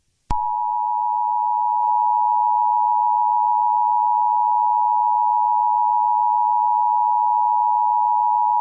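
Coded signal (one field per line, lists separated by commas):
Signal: Emergency Alert System (SAME) tones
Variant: 853 and 960 Hz attention tone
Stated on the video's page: Fictional EAS scenario.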